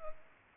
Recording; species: mosquito wingbeat signal from an infrared sensor; Culex pipiens